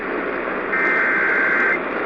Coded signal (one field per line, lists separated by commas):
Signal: Emergency Alert System (SAME) tones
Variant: header bursts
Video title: Eas Lch FFW on KLVI 560am Eas#1464